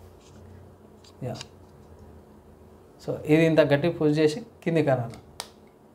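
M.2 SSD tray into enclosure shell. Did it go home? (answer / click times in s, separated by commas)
yes / 5.4 s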